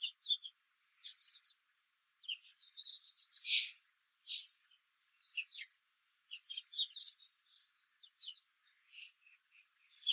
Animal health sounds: young laying hens in a cage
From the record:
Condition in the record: control cage, after the stress test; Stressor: none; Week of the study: 4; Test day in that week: 1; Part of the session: 2

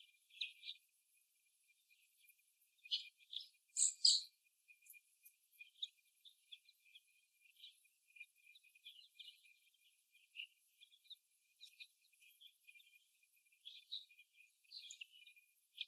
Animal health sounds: young laying hens in a cage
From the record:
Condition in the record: before the stressor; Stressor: simulated dog barking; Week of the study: 1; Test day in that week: 1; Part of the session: 1

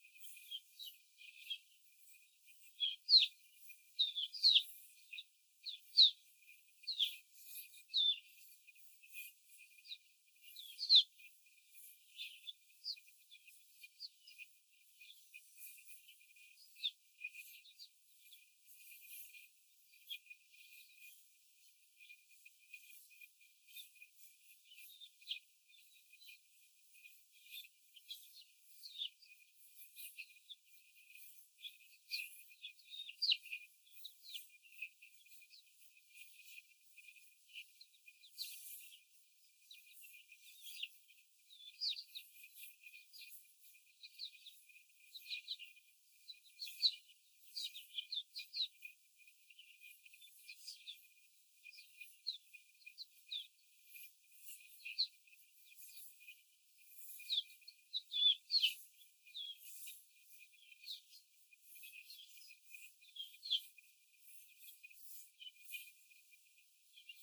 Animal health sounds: young laying hens in a cage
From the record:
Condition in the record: before the stressor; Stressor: simulated dog barking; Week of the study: 4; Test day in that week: 1

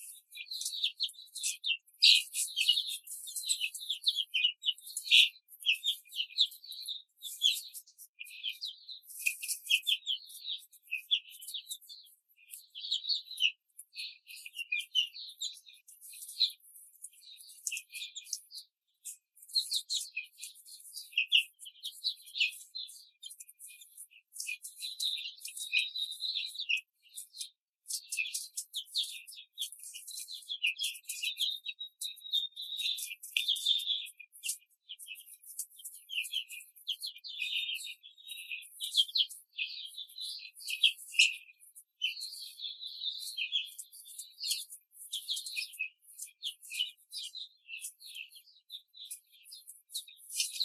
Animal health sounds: young laying hens in a cage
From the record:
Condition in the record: control cage, before the stress test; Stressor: none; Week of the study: 4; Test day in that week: 3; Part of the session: 2

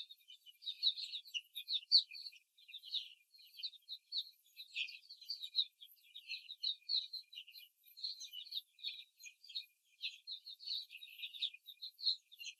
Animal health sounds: young laying hens in a cage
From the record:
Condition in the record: before the stressor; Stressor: simulated dog barking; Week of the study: 3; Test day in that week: 2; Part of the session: 1

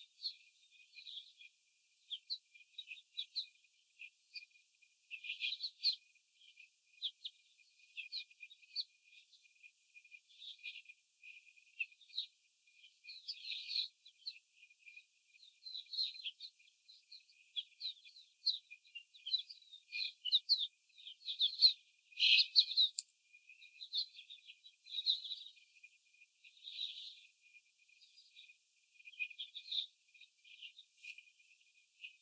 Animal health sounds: young laying hens in a cage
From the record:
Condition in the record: after the stressor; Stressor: simulated dog barking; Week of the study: 4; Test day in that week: 3

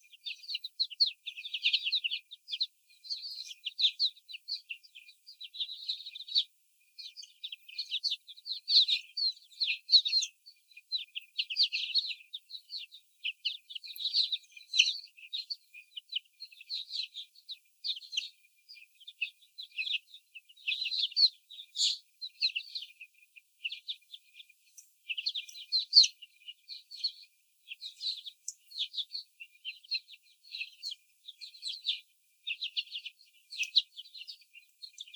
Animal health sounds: young laying hens in a cage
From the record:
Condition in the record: before the stressor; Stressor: sudden umbrella opening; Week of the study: 3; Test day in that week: 2

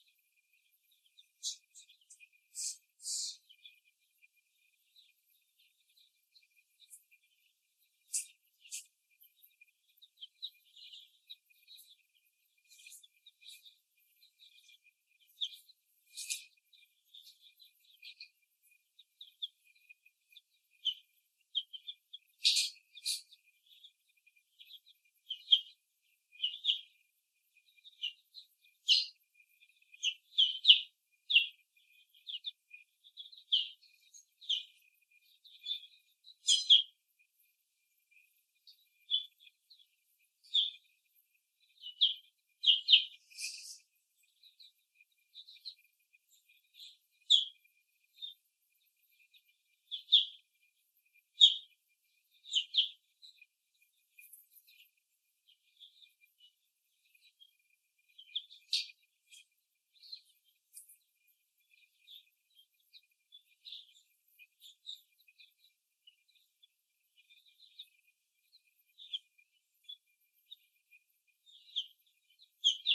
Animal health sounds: young laying hens in a cage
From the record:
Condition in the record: before the stressor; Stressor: simulated dog barking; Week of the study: 1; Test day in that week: 2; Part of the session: 1

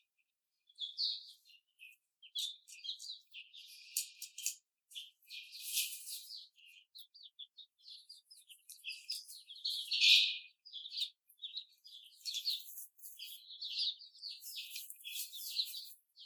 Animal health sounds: young laying hens in a cage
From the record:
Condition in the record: before the stressor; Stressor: simulated dog barking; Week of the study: 4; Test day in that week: 2

